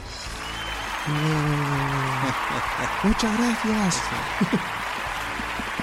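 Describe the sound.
A steady wash of canned applause, played from a joke 'can of applause' for a guest on a Spanish talk show, crackles evenly for the whole stretch, with a man speaking briefly over it and a short burst of laughter near the end.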